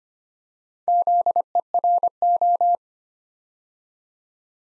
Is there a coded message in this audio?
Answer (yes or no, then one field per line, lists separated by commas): yes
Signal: Morse code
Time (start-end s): 0.9-2.8 s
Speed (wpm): 25 wpm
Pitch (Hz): 700 Hz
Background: none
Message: ZERO